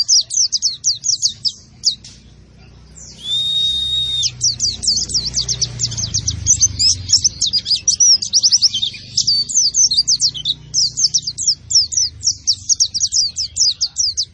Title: Pleci Gacor Tanpa Doping Hanya Pake Pisang